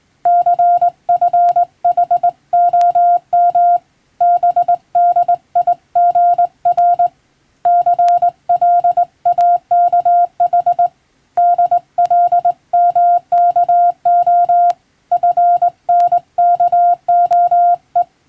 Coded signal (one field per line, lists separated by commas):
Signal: Morse code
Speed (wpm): 20 wpm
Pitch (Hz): 700 Hz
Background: none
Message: CFHOM BDIGR CLAKH DLMKO FNKOE